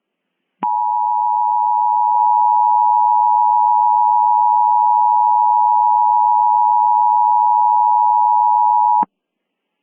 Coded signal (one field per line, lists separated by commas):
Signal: Emergency Alert System (SAME) tones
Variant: 853 and 960 Hz attention tone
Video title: EAS Mock: Release Day